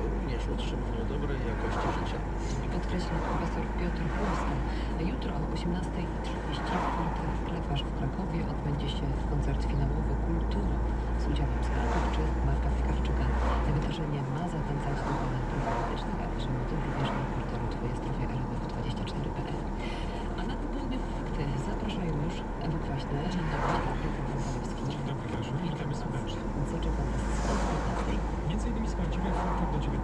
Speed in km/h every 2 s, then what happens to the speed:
37, 39, 40, 40, 41, 44, 43, 43, 42, 42, 42, 42, 41, 38, 38.
0-10 speeds up to 44. 10-30 steady at about 42.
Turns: none.